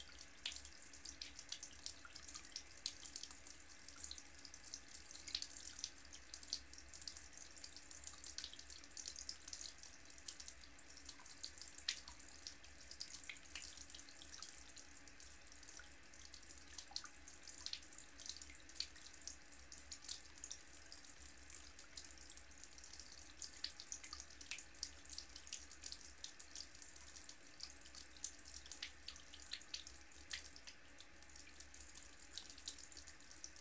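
A tap runs steadily into a hand basin with the plug out, a dense bright hiss with small splashes and a low hum underneath.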